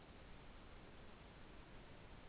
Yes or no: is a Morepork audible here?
no